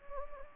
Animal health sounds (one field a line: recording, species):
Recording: mosquito wingbeat signal from an infrared sensor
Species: Anopheles gambiae